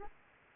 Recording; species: mosquito wingbeat signal from an infrared sensor; Aedes aegypti